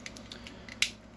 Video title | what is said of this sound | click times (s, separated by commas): Custom Transformers Pre Beast Wars Cheetor (Fast Track) | You'll hear that click. So, that way you know it is in place. | 0.8 s